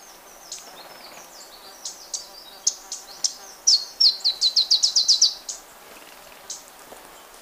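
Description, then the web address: Black-crested Warbler song: spaced high chips that speed up into a rapid series of sharp, bright notes, then trail off with a few isolated chips. Ecuador. "Natures Songs S America Birds of Ecuador Black-crested Warbler"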